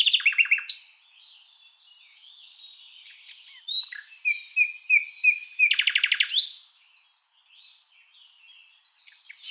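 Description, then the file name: Common nightingale song: a rapid, loud trill opening, then quieter twittering, a run of repeated whistled notes, and another fast buzzy trill near the middle. "Luscinia megarhynchos"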